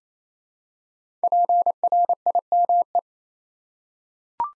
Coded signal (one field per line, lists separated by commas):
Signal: Morse code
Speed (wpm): 27 wpm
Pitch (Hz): 700 Hz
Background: none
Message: PRIME